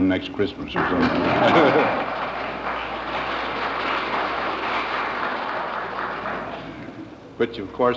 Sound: applause